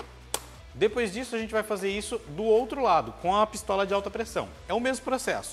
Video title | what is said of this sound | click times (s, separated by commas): Aprenda tudo sobre a Lavadora de Alta Pressão WAP WL 1820 - ACADEMY | Então aqui basta a gente colocar ela nessa parte frontal e empurrar até ouvir o clique. | 0.3 s